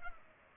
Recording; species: mosquito wingbeat signal from an infrared sensor; Culex pipiens